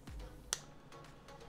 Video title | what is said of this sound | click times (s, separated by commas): Nokia 6280 Refurbish - Restoration - Repair #4K | it clicked in place as it should be if it's not what's best for him | 0.5 s